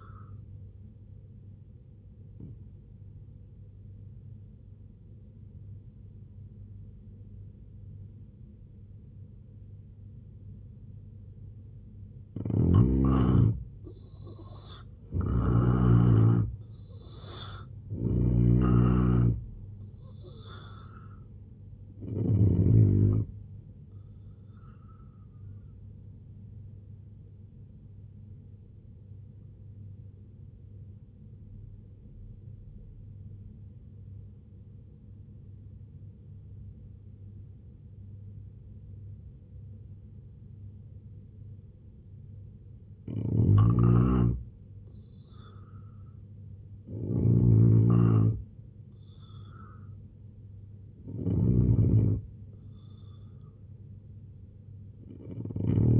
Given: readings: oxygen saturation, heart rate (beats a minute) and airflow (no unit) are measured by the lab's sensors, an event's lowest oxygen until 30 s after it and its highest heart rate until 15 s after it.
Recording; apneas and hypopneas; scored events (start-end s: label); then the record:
breathing in sleep by a smartphone at the bedside; 2
3.00-13.90 s: obstructive apnea (N3, oxygen 89% highest, then 81% lowest, heart rate 80 at the start, 91 highest)
21.00-56.00 s: new sleep stage, N2 (light sleep)
27.00-42.00 s: obstructive apnea (N2, oxygen 93% highest, then 84% lowest, heart rate 66 at the start, 80 highest)
From the record:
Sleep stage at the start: N3 (deep sleep); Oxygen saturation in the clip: 81 to 93%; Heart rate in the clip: 64 to 91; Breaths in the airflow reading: 6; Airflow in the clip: -4.9 to 6.9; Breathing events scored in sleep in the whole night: 258 in 7.4 hours asleep